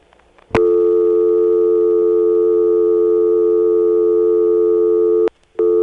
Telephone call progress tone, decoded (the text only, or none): dial tone